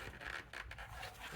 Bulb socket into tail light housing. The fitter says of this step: it's all locked into place now